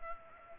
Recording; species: mosquito wingbeat signal from an infrared sensor; Culex pipiens